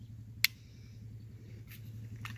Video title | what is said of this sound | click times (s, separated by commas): Ruger LCP Max .380acp Review & Shoot | so you either gotta squeeze it in real hard till it clicks | 0.4 s